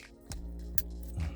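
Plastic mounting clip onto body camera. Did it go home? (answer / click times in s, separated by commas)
yes / 0.3 s, 0.8 s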